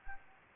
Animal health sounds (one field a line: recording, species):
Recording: mosquito wingbeat signal from an infrared sensor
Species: Anopheles gambiae